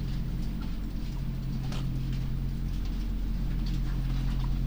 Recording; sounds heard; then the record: poultry house recording; sick chickens (respiratory disease)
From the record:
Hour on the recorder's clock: 22